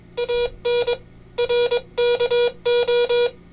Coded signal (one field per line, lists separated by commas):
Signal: Morse code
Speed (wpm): 22 wpm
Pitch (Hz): 480 Hz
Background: none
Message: AN RKO